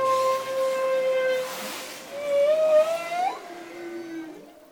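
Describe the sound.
Humpback whale singing a long steady moan that fades, then a rising swooping cry climbing sharply, followed by a lower bending tone.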